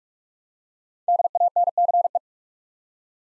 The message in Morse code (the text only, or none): DANCE